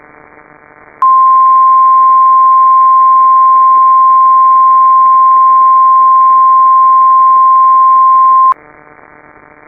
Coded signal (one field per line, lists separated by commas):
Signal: Emergency Alert System (SAME) tones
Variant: 1050 Hz attention tone